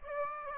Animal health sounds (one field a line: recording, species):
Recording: mosquito wingbeat signal from an infrared sensor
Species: Aedes aegypti